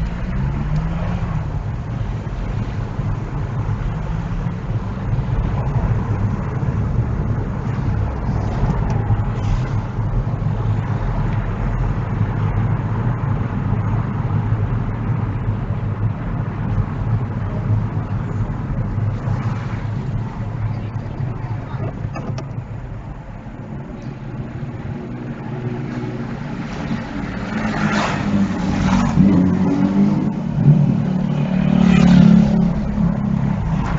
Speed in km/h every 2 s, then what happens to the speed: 15, 18, 21, 23, 23, 26, 26, 24, 23, 16, 10, 3, 0, 0, 0, 0, 10.
0-5 speeds up to 23. 5-13 steady at about 23. 13-23 slows to 0. 23-30 standing. 30-34 pulls away to 10.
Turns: none.